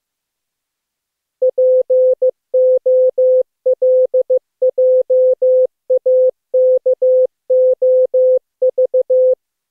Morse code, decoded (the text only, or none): POLJAKOV